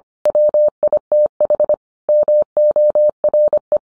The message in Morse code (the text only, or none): WITH MORE